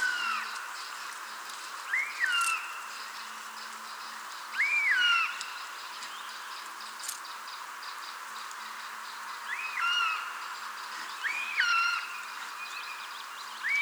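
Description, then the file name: Eurasian jay calls: swooping whistled notes, often in close pairs, scattered throughout against a constant background hiss. "Garrulus glandarius"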